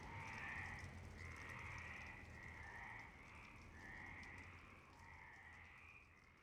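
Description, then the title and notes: Frogs croaking in overlapping rasping notes, repeated almost continuously, with a faint low rumble underneath. Frogs in Parc Longchamp, Marseille, Provence-Alpes-Côte d'Azur, France, 26 March 2011 at 19:35, recorded with a MixPre-6 and Basic UCHO. "Marseille, Provence-Alpes-Côte d'Azur, France - 26_03_11_19_35 Longchamps_004 grenouilles. Grenouilles au parc de Longchamp MIXPRE 6 + BASIC UCHO"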